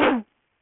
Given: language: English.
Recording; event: throat vibration sensor signal played as sound; cough